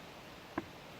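A plastic quick-connect fitting on a drink tube is plugged into the hydration bladder line of a Geigerrig Hydro Engine setup, a fitting with a check valve. A single short, sharp click sounds at 0.6 s over a quiet background hiss as the connector seats fully and locks in.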